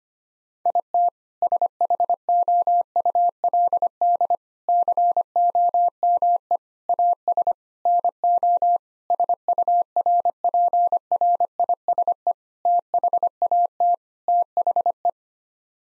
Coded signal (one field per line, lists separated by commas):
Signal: Morse code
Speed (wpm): 25 wpm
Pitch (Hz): 700 Hz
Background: none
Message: IT SHOULD COME AS NO SURPRISE THAT THE